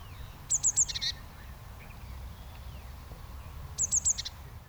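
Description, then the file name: Eurasian blue tit calls: two bursts of three thin, high descending notes followed by a short buzzy churr, about three seconds apart, over a soft low background rumble. "Cyanistes caeruleus"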